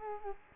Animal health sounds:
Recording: mosquito wingbeat signal from an infrared sensor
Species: Culex quinquefasciatus

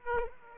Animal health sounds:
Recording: mosquito wingbeat signal from an infrared sensor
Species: Aedes aegypti

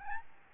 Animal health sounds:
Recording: mosquito wingbeat signal from an infrared sensor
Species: Aedes albopictus

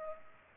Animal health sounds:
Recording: mosquito wingbeat signal from an infrared sensor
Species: Culex pipiens

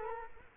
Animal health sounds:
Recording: mosquito wingbeat signal from an infrared sensor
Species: Culex quinquefasciatus

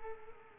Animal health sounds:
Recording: mosquito wingbeat signal from an infrared sensor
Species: Culex quinquefasciatus

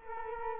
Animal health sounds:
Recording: mosquito wingbeat signal from an infrared sensor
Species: Culex quinquefasciatus

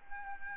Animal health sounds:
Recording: mosquito wingbeat signal from an infrared sensor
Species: Aedes albopictus

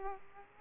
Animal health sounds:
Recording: mosquito wingbeat signal from an infrared sensor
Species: Aedes aegypti

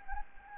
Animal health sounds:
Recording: mosquito wingbeat signal from an infrared sensor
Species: Anopheles gambiae

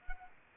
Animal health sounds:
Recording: mosquito wingbeat signal from an infrared sensor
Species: Anopheles arabiensis

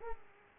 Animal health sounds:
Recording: mosquito wingbeat signal from an infrared sensor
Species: Aedes aegypti

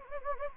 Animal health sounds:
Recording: mosquito wingbeat signal from an infrared sensor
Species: Anopheles gambiae

